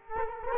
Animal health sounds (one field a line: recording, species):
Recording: mosquito wingbeat signal from an infrared sensor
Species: Culex quinquefasciatus